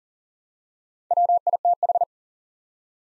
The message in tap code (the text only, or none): none